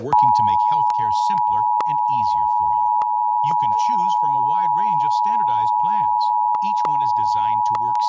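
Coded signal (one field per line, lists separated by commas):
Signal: Emergency Alert System (SAME) tones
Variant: 853 and 960 Hz attention tone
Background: speech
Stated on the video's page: National Periodic Test of the Emergency Alert System as carried by San Antonio television and radio stations and smaller-market stations.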